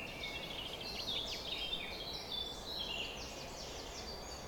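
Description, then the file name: Birds singing a dawn chorus, quick high chirps and thin whistles from several birds mingling continuously over faint low noise. Summer morning bird chorus at 4:40 am. "summer morning bird chorus-4 40 am in cobs"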